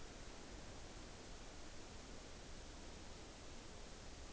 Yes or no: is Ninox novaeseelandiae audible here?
no